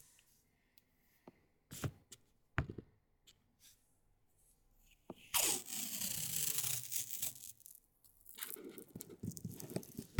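Paper tape handled. A few sharp taps and clicks come first, then a long, bright rasping pull of tape runs from about five to eight seconds, followed by another rougher, scratchy stretch near the end.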